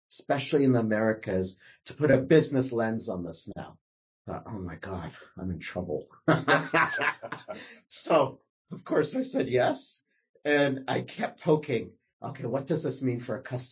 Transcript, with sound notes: especially in the Americas, to put a business lens on this now. I thought Oh my God, I’m in trouble. *laughs* So, of course I said yes. And I kept poking, okay, what does this mean for a customer?